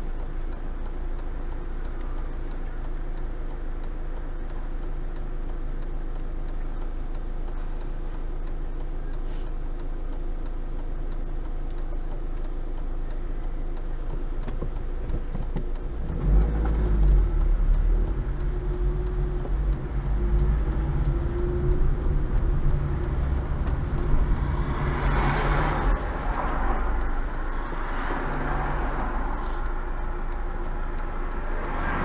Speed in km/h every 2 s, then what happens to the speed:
0, 0, 0, 0, 0, 0, 0, 0, 5, 9, 12, 14, 9, 1, 0, 0.
0-15 standing. 15-20 pulls away to 12. 23-26 brakes to 1. 26-32 standing.